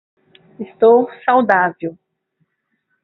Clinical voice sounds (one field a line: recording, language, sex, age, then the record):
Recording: short text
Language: Brazilian Portuguese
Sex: female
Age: 30 to 39 years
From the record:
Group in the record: control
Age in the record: 37 years